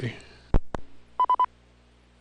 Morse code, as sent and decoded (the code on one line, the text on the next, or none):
none